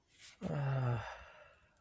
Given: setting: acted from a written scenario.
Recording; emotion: vocal sound without words; serenity